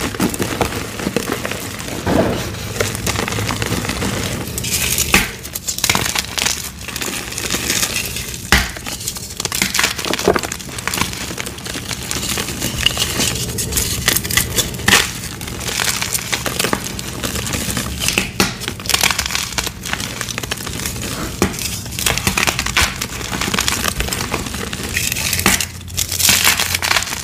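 Blocks of gym chalk are crushed and crumbled, a dense run of crunching, crinkling and powdery breaking with sharp bright bursts every second or so. The texture stays busy throughout, over a faint low steady hum.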